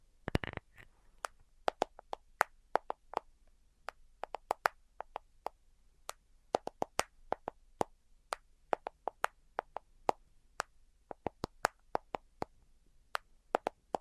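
Sharp tapping sounds fall in an irregular stream, sometimes single, sometimes in quick pairs or bursts of three, spread across the whole stretch. Each tap is brief and crisp with a woody, mid-pitched knock. A low steady hum sits underneath.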